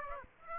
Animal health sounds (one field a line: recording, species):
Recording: mosquito wingbeat signal from an infrared sensor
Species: Aedes aegypti